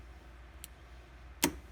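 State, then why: Seated. A plastic keeper is pressed onto the fuel pump module assembly of a Honda Odyssey during a fuel pump replacement. After a faint high tick at 0.6 s, a sharp snap rings out at 1.4 s against a quiet low hum. The keeper snaps on and is seated.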